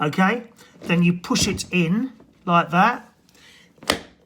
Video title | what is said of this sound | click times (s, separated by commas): Unboxing Hotpoint 8kg Heat Pump Tumble Dryer | and it locks into place, okay? | 3.9 s